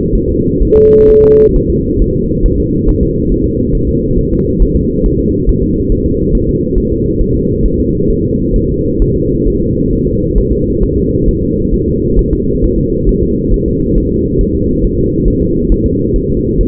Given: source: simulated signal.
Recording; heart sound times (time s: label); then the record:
fetal heart sounds
0.15 s: S1
0.29 s: S2
0.62 s: S1
0.77 s: S2
1.10 s: S1
1.24 s: S2
1.56 s: S1
1.70 s: S2
2.02 s: S1
2.16 s: S2
2.46 s: S1
2.60 s: S2
2.89 s: S1
3.03 s: S2
3.32 s: S1
3.46 s: S2
3.75 s: S1
3.89 s: S2
4.18 s: S1
4.33 s: S2
4.62 s: S1
4.76 s: S2
5.06 s: S1
5.20 s: S2
5.49 s: S1
5.63 s: S2
5.92 s: S1
6.06 s: S2
6.35 s: S1
6.49 s: S2
6.78 s: S1
6.92 s: S2
7.21 s: S1
7.35 s: S2
7.66 s: S1
7.80 s: S2
8.11 s: S1
8.25 s: S2
8.56 s: S1
8.70 s: S2
9.02 s: S1
9.16 s: S2
9.48 s: S1
9.62 s: S2
9.93 s: S1
10.07 s: S2
10.38 s: S1
10.52 s: S2
10.83 s: S1
10.97 s: S2
11.28 s: S1
11.42 s: S2
11.74 s: S1
11.88 s: S2
12.19 s: S1
12.33 s: S2
12.64 s: S1
12.78 s: S2
13.09 s: S1
13.23 s: S2
13.54 s: S1
13.68 s: S2
13.98 s: S1
14.12 s: S2
14.41 s: S1
14.55 s: S2
14.84 s: S1
14.98 s: S2
15.28 s: S1
15.42 s: S2
15.72 s: S1
15.86 s: S2
16.16 s: S1
16.30 s: S2
16.61 s: S1
From the record:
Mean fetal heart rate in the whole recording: 135 bpm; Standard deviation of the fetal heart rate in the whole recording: 3 bpm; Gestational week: 36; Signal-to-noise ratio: -14.7 dB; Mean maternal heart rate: 72 bpm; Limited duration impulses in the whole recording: present